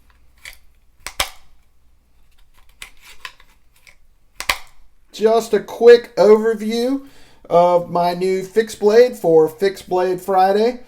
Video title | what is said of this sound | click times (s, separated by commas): THIS USA MADE FIXED BLADE EDC KNIFE IS AWESOME 🗡️🔥 The Tradition from Very Good Knife Company | there it's got that nice audible snap | 1.2 s, 4.5 s